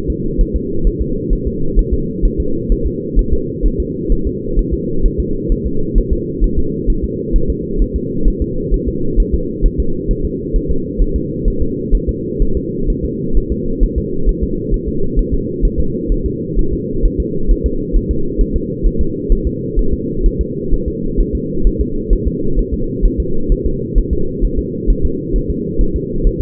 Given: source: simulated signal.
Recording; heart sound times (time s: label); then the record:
fetal heart sounds
0.10 s: S2
0.41 s: S1
0.56 s: S2
0.87 s: S1
1.01 s: S2
1.33 s: S1
1.47 s: S2
1.79 s: S1
1.93 s: S2
2.25 s: S1
2.40 s: S2
2.72 s: S1
2.86 s: S2
3.19 s: S1
3.33 s: S2
3.66 s: S1
3.80 s: S2
4.12 s: S1
4.27 s: S2
4.59 s: S1
4.73 s: S2
5.06 s: S1
5.20 s: S2
5.52 s: S1
5.66 s: S2
5.98 s: S1
6.13 s: S2
6.44 s: S1
6.58 s: S2
6.90 s: S1
7.04 s: S2
7.36 s: S1
7.50 s: S2
7.82 s: S1
7.96 s: S2
8.28 s: S1
8.42 s: S2
8.74 s: S1
8.88 s: S2
9.20 s: S1
9.34 s: S2
9.66 s: S1
9.80 s: S2
10.11 s: S1
10.25 s: S2
10.56 s: S1
10.71 s: S2
11.02 s: S1
11.16 s: S2
11.48 s: S1
11.62 s: S2
11.95 s: S1
12.09 s: S2
12.42 s: S1
12.57 s: S2
12.90 s: S1
13.04 s: S2
13.37 s: S1
13.52 s: S2
13.83 s: S1
13.98 s: S2
14.29 s: S1
14.43 s: S2
14.74 s: S1
14.88 s: S2
15.19 s: S1
15.34 s: S2
15.65 s: S1
15.80 s: S2
16.12 s: S1
16.26 s: S2
16.59 s: S1
16.73 s: S2
17.05 s: S1
17.20 s: S2
17.51 s: S1
17.66 s: S2
17.96 s: S1
18.11 s: S2
18.41 s: S1
18.56 s: S2
18.86 s: S1
19.01 s: S2
19.32 s: S1
19.47 s: S2
19.79 s: S1
19.93 s: S2
20.26 s: S1
20.41 s: S2
20.73 s: S1
20.88 s: S2
21.20 s: S1
21.35 s: S2
21.67 s: S1
21.81 s: S2
22.13 s: S1
22.27 s: S2
22.59 s: S1
22.74 s: S2
23.05 s: S1
23.20 s: S2
23.52 s: S1
23.66 s: S2
23.98 s: S1
24.13 s: S2
24.45 s: S1
24.59 s: S2
24.90 s: S1
25.05 s: S2
25.36 s: S1
25.50 s: S2
25.81 s: S1
25.96 s: S2
26.27 s: S1
26.41 s: S2
From the record:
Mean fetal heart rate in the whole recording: 130 bpm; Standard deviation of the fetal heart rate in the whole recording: 4 bpm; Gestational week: 38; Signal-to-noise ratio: -8.1 dB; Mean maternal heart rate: 72 bpm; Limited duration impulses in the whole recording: absent